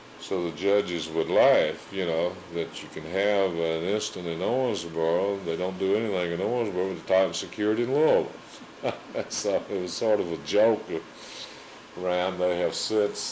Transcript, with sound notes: So, the judges would laugh, you know that you can have an instant in Owensboro--hey don't do anything in Owensboro but with they tighten the security in Louisville. [chuckles] So, it was sort of a joke around. They have since